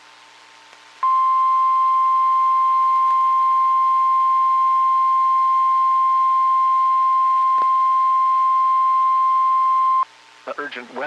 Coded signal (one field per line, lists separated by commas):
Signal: Emergency Alert System (SAME) tones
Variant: 1050 Hz attention tone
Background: speech